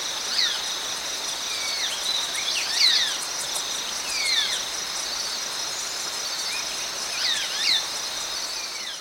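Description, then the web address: Marañón spinetail calls: scattered thin whistles over a steady high insect drone throughout. Recorded in Ecuador. "Birds of Ecuador. Maranon Spinetail"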